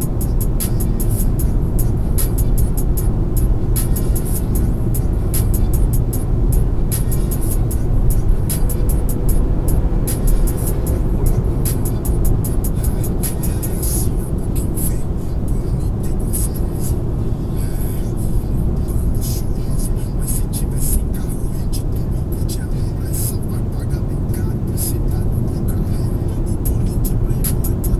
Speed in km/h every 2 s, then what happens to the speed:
114, 117, 118, 118, 119, 123, 122, 116, 110, 105, 103, 103, 105, 108.
0-11 speeds up to 123. 11-20 slows to 103.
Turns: none.